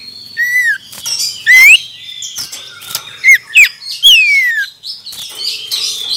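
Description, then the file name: Common iora song: short arched and rising whistles, a quick pair of notes, then a longer falling whistle, set against busy background chirps. Male. "suara burung cipoh jantan"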